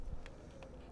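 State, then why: Seated. The orange cable connector that runs to a Kodiak solar generator is pushed into the connector of a 100 watt solar panel cable over a low, steady background rumble. Two sharp snaps are heard at 0.3 s and 0.6 s as the connector seats firmly into place.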